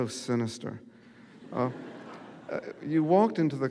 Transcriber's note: soundbite of laughter